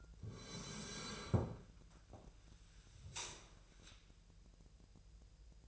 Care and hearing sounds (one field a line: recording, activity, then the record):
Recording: daily activity, microphone in the room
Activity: sit down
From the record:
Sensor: 2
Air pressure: 1001.8 hPa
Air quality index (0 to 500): 239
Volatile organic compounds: 71 ppm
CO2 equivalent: 3528 ppm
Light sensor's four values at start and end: 7/15/6/7 and 8/20/8/9